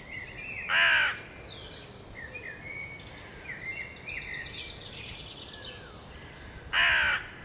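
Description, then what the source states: Crow caws, two loud harsh calls about six seconds apart, with other birds chirping and whistling softly throughout. Recorded on Lansdown Drive, London Fields, between 04:00 and 04:30 on Thursday 21 May.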